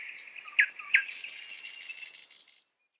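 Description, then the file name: Nightingale song: a sustained high buzzy whistle with two sharp accented notes, fading out after about two and a half seconds. "Solovei"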